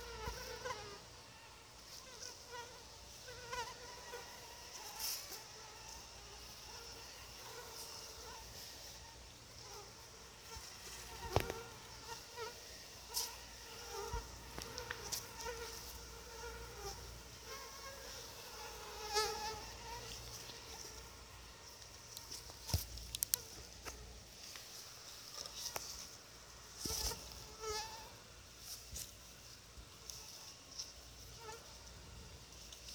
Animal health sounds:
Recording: mosquito flight sound by mobile phone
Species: Anopheles quadriannulatus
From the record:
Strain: SANQUA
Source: CDC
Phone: Sony Xperia

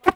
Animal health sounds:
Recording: mosquito flight sound by mobile phone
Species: Aedes sierrensis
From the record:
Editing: cut to the mosquito's sound

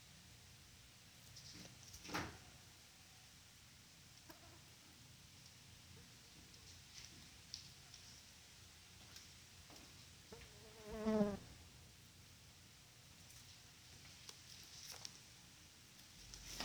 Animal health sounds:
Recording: mosquito flight sound by mobile phone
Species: Culex quinquefasciatus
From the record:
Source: SanMateoVCD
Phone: Sony Xperia

